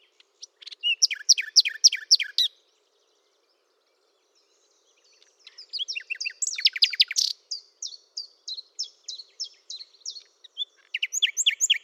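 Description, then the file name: Common nightingale song with rapid chattering rattles, a gap of silence, then a long varied phrase of clipped repeated notes and quick trills. "Luscinia megarhynchos"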